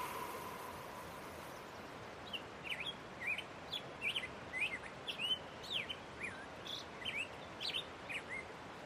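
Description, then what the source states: Black-headed Grosbeak singing a long run of quick whistled notes that swoop up and down, beginning after a quiet second or two, with faint background hiss. Male singing, recorded in spring down by a creek near a mountain cabin, after migratory grosbeaks returned to the mountain.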